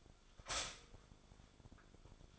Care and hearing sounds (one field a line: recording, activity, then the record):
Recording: daily activity, microphone in the room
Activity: stop toaster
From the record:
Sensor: 5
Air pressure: 1014.8 hPa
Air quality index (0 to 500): 197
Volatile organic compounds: 8 ppm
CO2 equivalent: 2095 ppm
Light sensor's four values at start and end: 16/37/14/13 and 16/37/14/13